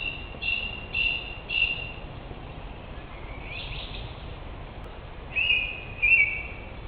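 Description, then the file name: Song thrush song: short clear whistled phrase repeated three times in quick succession, then a new phrase given twice, over steady low background noise. Recorded in Germany. "Turdus philomelos in Deutschland"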